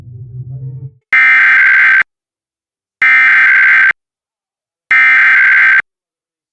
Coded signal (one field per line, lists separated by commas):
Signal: Emergency Alert System (SAME) tones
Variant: header bursts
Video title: TPT 2 Monthly EAS Test - January 4, 2023 | MN